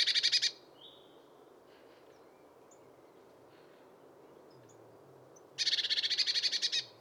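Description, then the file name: Eurasian blue tit giving two buzzy rattling calls, one at the start and one near the end, separated by a long quiet stretch. "Cyanistes caeruleus"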